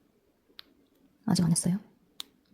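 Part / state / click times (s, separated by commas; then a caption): thread knot into a bead on a beaded ring / seated / 2.2 s. In a beaded ribbon ring, the beading thread is pulled tight so its knot snaps into the bead hole. Someone talks briefly around 1.3–1.8 s, then a sharp click at 2.2 s marks the knot seating in the bead, with a fainter tick near 0.6 s before it.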